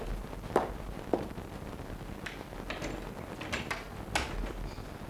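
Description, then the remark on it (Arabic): Irregular footsteps tap across a quiet background as someone goes to answer the door for a caller, followed by several sharp clicks and a rattle as the door is handled and opened. No one speaks. “حسنا، اذهب لتفتح الباب.”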